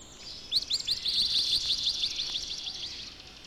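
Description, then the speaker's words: Swamp Sparrow song: a steady, high trill of evenly repeated notes over a soft hiss. Sings more musically than the chipping sparrow, often on two pitches. "Swamp sparrows are more musical than chipping sparrows. Often the swamp sparrow sings on two pitches."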